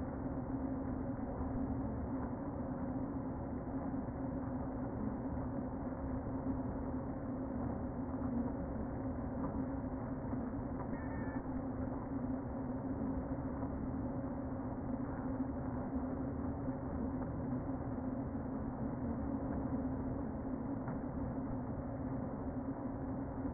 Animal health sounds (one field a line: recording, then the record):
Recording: honeybee colony, microphone inside the hive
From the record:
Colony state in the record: queen present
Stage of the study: before two queens were removed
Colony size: about 60,000 bees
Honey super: yes